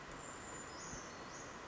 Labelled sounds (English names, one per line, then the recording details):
Brown Creeper
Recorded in Sonoma County, California